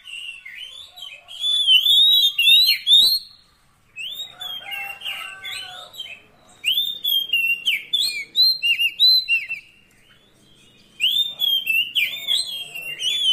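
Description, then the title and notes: Oriental magpie-robin singing energetic bursts of whistled and chattering notes, with lower warbles mixed in and short pauses between phrases. Long-duration fill-in song to get the bird singing eagerly day and night. "Kacer Jadi Gacor Siang Malam. Isian Kacer Durasi Panjang"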